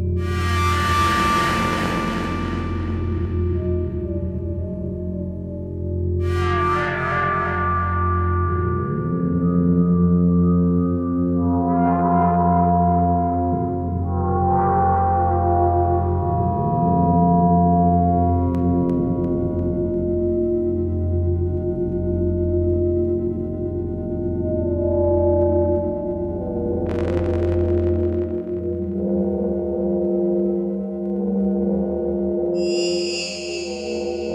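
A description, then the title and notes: Ambient-type sounds made of long, ringing metallic tones like singing bowls or gongs, layered over a steady low hum. Fresh strikes bloom every few seconds, near 0, 6, 12, 15, 27 and 33 seconds, each shimmering and wavering as it fades into the sustained drone. An exercise in making ambient-type sounds on OP-1 using its FM engine.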